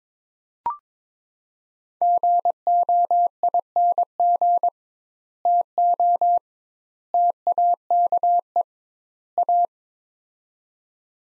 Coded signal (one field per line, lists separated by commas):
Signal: Morse code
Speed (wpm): 22 wpm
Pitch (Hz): 700 Hz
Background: none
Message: GOING TO TAKE A